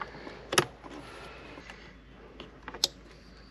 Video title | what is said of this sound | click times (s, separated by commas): Installing a Custom $1400 Steering Wheel On My Hummer H3! Is it Worth it? | And then now, just time for our airbag. Click, click, | 0.6 s, 2.8 s